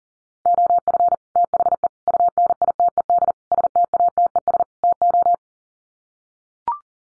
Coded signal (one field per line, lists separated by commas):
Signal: Morse code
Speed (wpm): 40 wpm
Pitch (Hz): 700 Hz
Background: none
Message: OF THE UNITED STATES TO